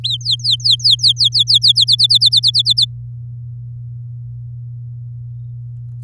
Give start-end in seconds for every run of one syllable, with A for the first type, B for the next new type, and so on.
0.04-1.84 A, 1.87-2.85 B